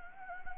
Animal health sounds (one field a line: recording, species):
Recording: mosquito wingbeat signal from an infrared sensor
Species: Anopheles gambiae